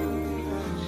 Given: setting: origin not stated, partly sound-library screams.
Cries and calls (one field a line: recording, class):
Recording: one-second piece from a danger detection set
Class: normal situation